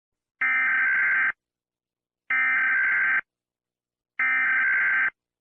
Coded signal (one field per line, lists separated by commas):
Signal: Emergency Alert System (SAME) tones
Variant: header bursts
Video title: The EAS Scenario: SML Invasion